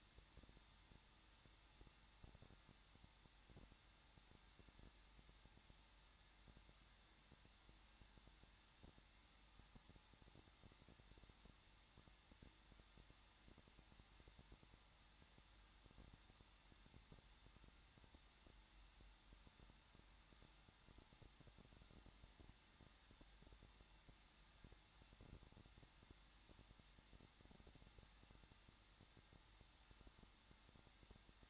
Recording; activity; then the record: daily activity, microphone in the room; no activity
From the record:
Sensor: 3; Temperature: 21.2 degrees Celsius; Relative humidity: 36.4%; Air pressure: 1006.4 hPa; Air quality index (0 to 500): 223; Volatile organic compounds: 43 ppm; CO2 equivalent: 3194 ppm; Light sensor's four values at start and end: 2/3/2/2 and 2/3/2/2